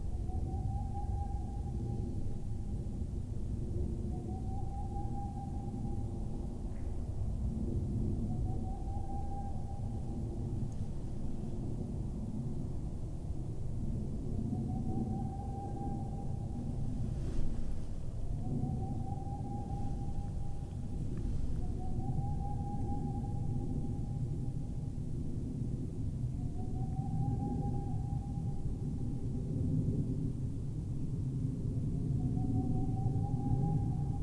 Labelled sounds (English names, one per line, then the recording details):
Boreal Owl
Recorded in the wild
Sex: male
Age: adult
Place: Altsorgefeld, NSG Rochauer Heide, Brandenburg, DE
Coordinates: 51.7806, 13.5439
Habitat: wood
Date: 2007-02-20 17:46
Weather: heiter, 3-4 °C, windstill
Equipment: Sound Devices 702, Sennheiser MKH 70, Windkorb
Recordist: Frommolt, Karl-Heinz